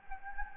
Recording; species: mosquito wingbeat signal from an infrared sensor; Anopheles gambiae